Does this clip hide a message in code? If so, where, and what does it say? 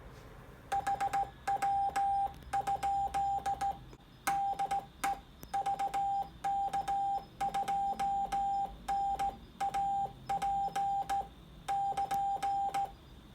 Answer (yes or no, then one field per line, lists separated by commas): yes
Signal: Morse code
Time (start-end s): 0.7-12.9 s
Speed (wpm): 16 wpm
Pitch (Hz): 790 Hz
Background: none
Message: HW? DE VK2NAP <KN>